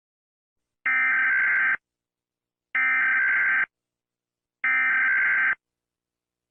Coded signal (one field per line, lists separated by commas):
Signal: Emergency Alert System (SAME) tones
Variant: header bursts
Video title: EAS Scenario - The Happy Bear (PART 7 - FINAL) Collaboration with @pierosebastiani-eas